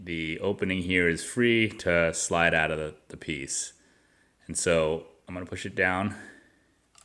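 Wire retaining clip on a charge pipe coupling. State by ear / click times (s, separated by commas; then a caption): not seated / none. Someone talks while handling the wire retaining clip on a charge pipe coupling during a JB4 install on a 2020 M8 (F91), about to push the clip down to its closed position. Speech fills most of the clip, with a faint brief tick at 7.0 s at the very end. Nothing has seated or clicked yet.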